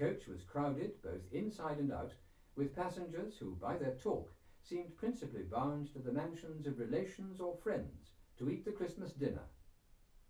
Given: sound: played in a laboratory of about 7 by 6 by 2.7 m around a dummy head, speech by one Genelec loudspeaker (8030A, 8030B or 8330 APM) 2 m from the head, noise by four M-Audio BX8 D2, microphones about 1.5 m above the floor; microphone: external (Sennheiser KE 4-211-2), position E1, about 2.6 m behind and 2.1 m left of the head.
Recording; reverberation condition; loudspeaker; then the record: male speech in English; low; 150 degrees to the right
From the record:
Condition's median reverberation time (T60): about 310 ms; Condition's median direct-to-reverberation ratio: about 3.5 dB